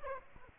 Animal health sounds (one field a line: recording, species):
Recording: mosquito wingbeat signal from an infrared sensor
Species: Aedes aegypti